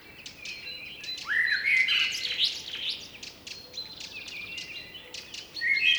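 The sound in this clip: Blackbird giving a rich, rising fluted phrase followed by squeaky twitters, then a second phrase near the end, amid light bird chatter.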